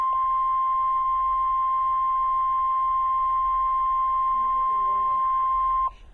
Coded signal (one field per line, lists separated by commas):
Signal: Emergency Alert System (SAME) tones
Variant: 1050 Hz attention tone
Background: speech